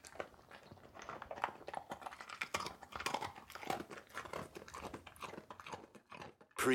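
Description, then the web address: Dog crunching and chewing a treat, with irregular crisp bites throughout, ending in a sudden louder noise. "sound-effects-bible Dog Eat Treat"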